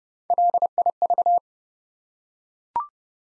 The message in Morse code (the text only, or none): LIV